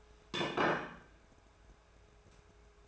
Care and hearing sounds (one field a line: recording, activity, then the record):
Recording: daily activity, microphone in the room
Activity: place plate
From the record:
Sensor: 2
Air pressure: 1014.9 hPa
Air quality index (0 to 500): 204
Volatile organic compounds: 20 ppm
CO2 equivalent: 2696 ppm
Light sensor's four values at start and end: 23/55/24/26 and 23/55/24/26